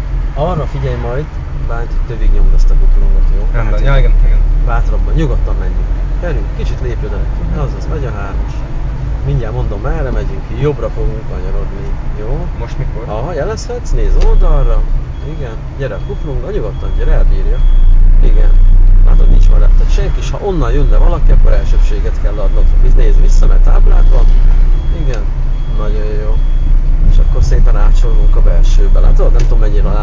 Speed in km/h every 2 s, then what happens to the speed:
15, 17, 21, 25, 25, 24, 22, 22, 23, 24, 23, 24, 24, 22, 23.
0-6 speeds up to 25. 6-30 steady at about 23.